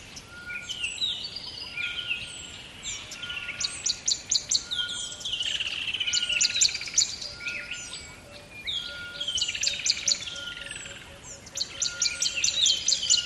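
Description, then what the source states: Bird giving repeated bursts of high rattling chirps and sweeping whistled notes. Close bird at dawn beside a river in the bush.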